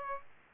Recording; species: mosquito wingbeat signal from an infrared sensor; Aedes aegypti